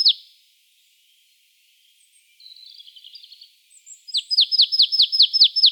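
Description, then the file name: Marsh tit calls: the tail of one note series, a stretch of soft buzzy chatter, then a long, fast run of sharp downslurred notes. "Poecile palustris"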